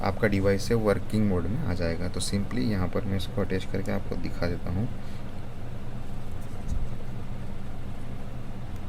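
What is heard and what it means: Someone talks for about the first five seconds while holding a Grenaro S10-Pro 3-in-1 wireless microphone's USB-C receiver up to a smartphone's USB-C port, and then a steady low background hum continues. Nothing has seated or clicked into the port yet by the end of the clip.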